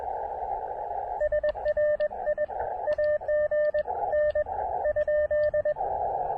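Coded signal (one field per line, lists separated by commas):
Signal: Morse code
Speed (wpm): 20 wpm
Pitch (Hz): 600 Hz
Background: radio noise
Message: SRI AG N ?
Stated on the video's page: QRP CW POTA park activation from a state park using an Elecraft KX2 and a random wire antenna.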